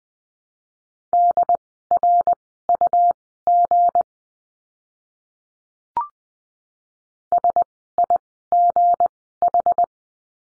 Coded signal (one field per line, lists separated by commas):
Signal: Morse code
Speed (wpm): 20 wpm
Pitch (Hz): 700 Hz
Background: none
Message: DRUG SIGH